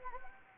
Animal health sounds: mosquito wingbeat signal from an infrared sensor; Anopheles gambiae

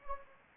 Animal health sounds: mosquito wingbeat signal from an infrared sensor; Anopheles gambiae

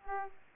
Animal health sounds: mosquito wingbeat signal from an infrared sensor; Aedes aegypti

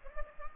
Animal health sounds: mosquito wingbeat signal from an infrared sensor; Culex pipiens

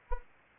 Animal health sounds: mosquito wingbeat signal from an infrared sensor; Anopheles arabiensis

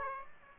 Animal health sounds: mosquito wingbeat signal from an infrared sensor; Aedes aegypti

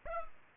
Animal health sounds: mosquito wingbeat signal from an infrared sensor; Culex pipiens

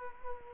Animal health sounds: mosquito wingbeat signal from an infrared sensor; Culex quinquefasciatus

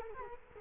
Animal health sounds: mosquito wingbeat signal from an infrared sensor; Culex quinquefasciatus

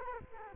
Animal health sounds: mosquito wingbeat signal from an infrared sensor; Culex quinquefasciatus

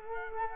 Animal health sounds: mosquito wingbeat signal from an infrared sensor; Culex quinquefasciatus

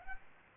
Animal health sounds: mosquito wingbeat signal from an infrared sensor; Aedes aegypti

